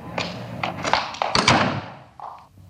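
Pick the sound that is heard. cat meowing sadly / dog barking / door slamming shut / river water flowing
door slamming shut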